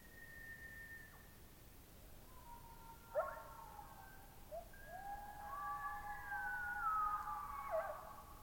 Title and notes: Elk And Coyotes. Dawn near the Coffin Game Reserve in the Colockum Wildlife Area in central Washington. They were answered by a nearby coyote pack that was getting ready to take itself to bed